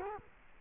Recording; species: mosquito wingbeat signal from an infrared sensor; Culex quinquefasciatus